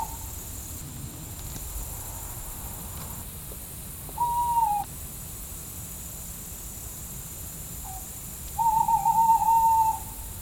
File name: Tawny Owl Hooting